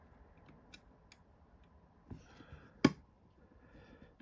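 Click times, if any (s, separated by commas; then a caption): 2.8 s. A plastic or metal part of a FANHOME 1:8 scale Back to the Future DeLorean model car kit is pushed into its mounting on the chassis before the screws are tightened. A few faint ticks come first, then a loud, sharp click at 2.9 s as the part seats in place.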